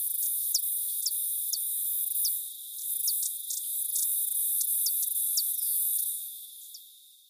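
Spangled coquette giving thin, very high, upslurred chip notes, several spaced irregularly, above a steady hiss.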